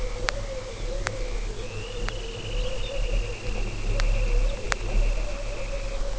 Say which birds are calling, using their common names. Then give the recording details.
Dunlin, Lapland Longspur. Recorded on Arctic tundra, site UTQI-5, on 19 June 2018. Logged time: 22:00